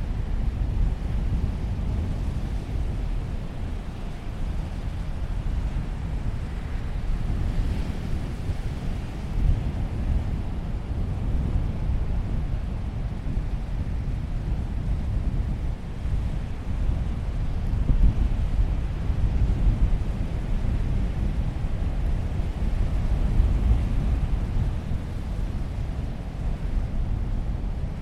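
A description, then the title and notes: A steady, heavy roar at a beach, dense and low-pitched, with surf and wind blending into one continuous rumble. Gusts buffet the microphone now and then, briefly thickening the low end around 8, 18 and 23 seconds, while the overall level stays even throughout. These relaxing sounds are coming to you from Jones Beach. 4:00 pm.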